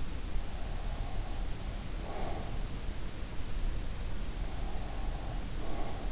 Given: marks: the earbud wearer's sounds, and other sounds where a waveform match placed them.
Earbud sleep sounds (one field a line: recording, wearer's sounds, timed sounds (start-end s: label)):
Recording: sounds in sleep by an in-ear microphone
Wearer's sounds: breath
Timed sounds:
0.53-2.62 s: breath
4.65-6.12 s: breath